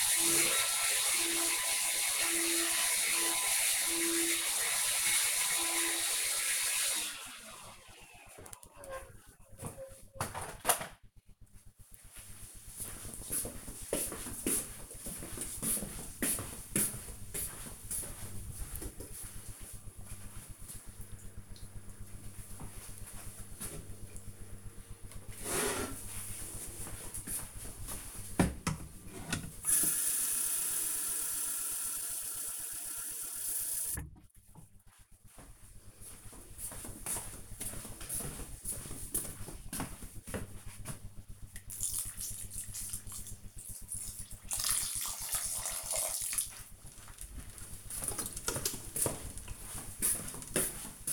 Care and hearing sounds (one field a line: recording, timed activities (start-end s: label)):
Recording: household activities, microphone on the right wrist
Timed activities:
0.00-5.72 s: vacuum cleaning
24.86-51.13 s: watering plant